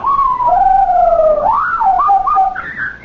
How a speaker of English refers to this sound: Whatever is that? It's Napoleon. He's telling me, you've been back home for an hour, why don't you uncover me? I'll take its cover off. I never heard a parrot make a sound like that before.